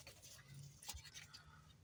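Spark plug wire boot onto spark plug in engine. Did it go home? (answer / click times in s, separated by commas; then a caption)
no / none. A spark plug wire boot is pushed onto the third spark plug in the engine of a 1996-2001 Daihatsu Midget II during spark plug replacement. Faint rubbing and light ticking sounds come through over a low hum, with a slightly louder tap near 0.9 seconds. The boot has not clicked into place yet.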